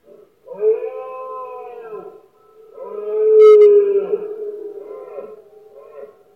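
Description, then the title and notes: Red deer bellowing in two long drawn-out roars, the second swelling louder and harsher before fading, with a quiet gap between them. Male red deer roaring during the rut (berrea or brama del ciervo), at night in Spain; one of the country's most imposing nature spectacles, best heard at night when surroundings are quiet. "Paisaje sonoro: Berrea #04. La época de celo del ciervo se conoce comúnmente como “berrea del ciervo” o “brama del ciervo”. los poderosos bramidos de los ciervos machos"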